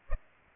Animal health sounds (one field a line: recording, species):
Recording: mosquito wingbeat signal from an infrared sensor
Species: Culex pipiens